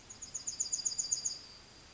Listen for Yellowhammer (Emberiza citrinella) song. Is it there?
yes